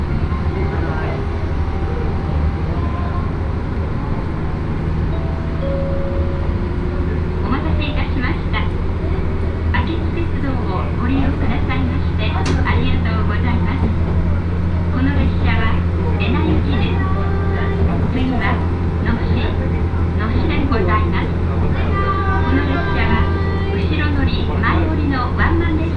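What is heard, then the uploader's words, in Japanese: Inside a crowded one-car railbus, a steady low engine drone runs throughout while many passengers chatter continuously, with a brief sharp click near thirteen seconds. 明知鉄道 明智→恵那。１両のレールバスは子供連れや高校生もいるなど一杯で予想外のにぎわいでした。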